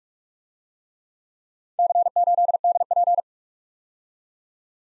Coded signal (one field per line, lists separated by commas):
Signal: Morse code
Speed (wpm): 45 wpm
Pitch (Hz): 700 Hz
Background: none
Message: C8DP